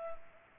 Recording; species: mosquito wingbeat signal from an infrared sensor; Culex pipiens